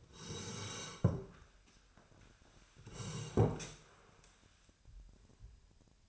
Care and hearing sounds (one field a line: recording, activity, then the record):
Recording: daily activity, microphone in the room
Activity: sit down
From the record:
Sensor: 2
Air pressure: 1015.1 hPa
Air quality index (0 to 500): 132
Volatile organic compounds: 5 ppm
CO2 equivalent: 1710 ppm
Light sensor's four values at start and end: 12/33/13/14 and 12/34/13/15